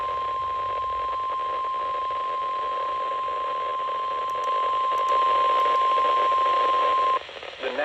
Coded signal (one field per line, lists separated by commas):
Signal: Emergency Alert System (SAME) tones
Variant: 1050 Hz attention tone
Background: speech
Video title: September Storms: EAS Alerts From 9/6/25 (EAS #5819-5853)